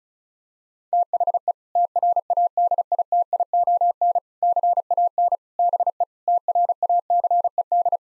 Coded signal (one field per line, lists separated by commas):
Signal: Morse code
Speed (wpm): 36 wpm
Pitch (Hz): 700 Hz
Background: none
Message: THE TRADITION CAN BE TRACED